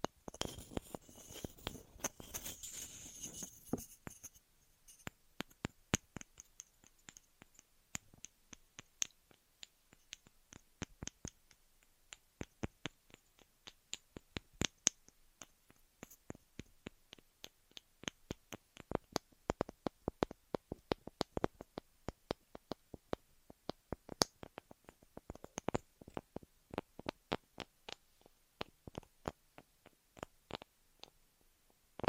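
Ear massage and cleaning sounds: for the first four seconds a dense, bright rustling rubs continuously. After that it breaks into sharp, scattered clicks and crackles, irregular but frequent, some louder pops standing out, with quiet gaps between them.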